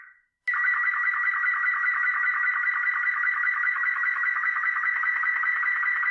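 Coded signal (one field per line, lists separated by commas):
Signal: multi-tone FSK (Olivia or MFSK type)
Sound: brief quiet, then a steady warbling stream of rapidly stepping musical tones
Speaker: so now let's see if this works i'm going to hit the transmit button and be quiet for a little while so i don't disrupt the transmission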